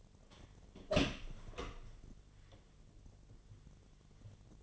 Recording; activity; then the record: daily activity, microphone in the room; open door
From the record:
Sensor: 4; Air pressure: 1007.8 hPa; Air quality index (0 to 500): 184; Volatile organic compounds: 6 ppm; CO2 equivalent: 1840 ppm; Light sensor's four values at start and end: 23/72/27/26 and 23/73/27/26